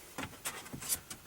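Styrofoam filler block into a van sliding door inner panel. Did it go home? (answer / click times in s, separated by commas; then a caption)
no / none. A styrofoam filler block is handled and pressed toward the inner panel of the driver's side sliding door of a 2005 Town & Country van, after the electric door lock actuator has been replaced. Short scuffing and rubbing bursts are heard around 0.2, 0.5, 0.9 and 1.1 seconds. Nothing has seated or clicked yet.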